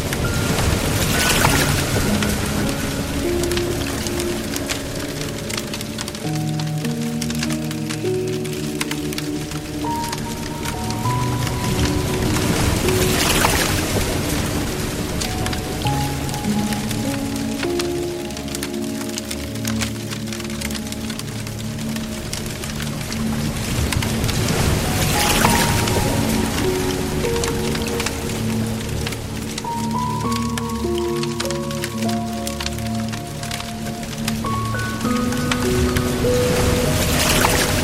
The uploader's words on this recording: Relaxing Piano and Water Sounds. Soothing piano music and the gentle flow of a soft water stream. The rhythmic rising and falling of a tranquil waterfall.